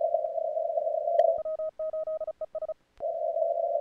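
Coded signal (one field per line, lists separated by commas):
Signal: Morse code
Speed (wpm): 34 wpm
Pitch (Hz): 1260 Hz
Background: radio noise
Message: W8ES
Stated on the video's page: CWops CWT contest session on 40 meters, band in great shape.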